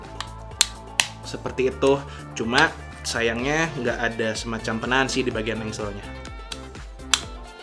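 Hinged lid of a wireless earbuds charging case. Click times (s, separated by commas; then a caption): 0.6 s. The hinged plastic lid of an orange Skullcandy Dime wireless earbuds charging case is opened, giving a sharp click at 0.6 s, with more sharp hits following right after, including one at 1.0 s. Music plays in the background while someone talks, and another sharp click comes at about 7.1 s. The lid is released open.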